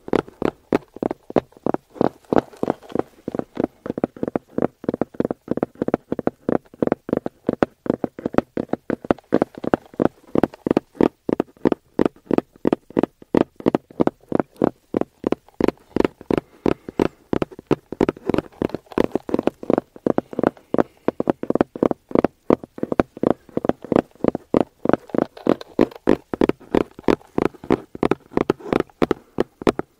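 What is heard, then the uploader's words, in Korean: Fingers tap on an aroma oil case in a quick, steady stream, about three light knocks per second, for the whole half minute. Each tap is short and crisp, with a hollow, mid-low body and a faint bright tick. Pace and loudness barely change throughout. ASMR 노토킹 아로마오일, 케이스 탭핑.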